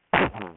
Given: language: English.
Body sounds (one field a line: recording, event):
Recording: throat vibration sensor signal played as sound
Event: cough